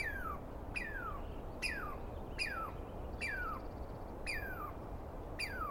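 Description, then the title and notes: Douglas squirrel alarm calls: sharp notes sliding steeply downward, about seven repeated roughly once a second over a steady background hiss. Douglas pine squirrel, East Cascades, dawn on 21 April 2017, screaming persistently at the recordist; identified by sound, not clearly seen. "On the morning of 21 April, 2017, I set up my microphones and recorder for a nice dawn recording in the East Cascades. I was started awake by a screaming Douglas Pine Squirrel."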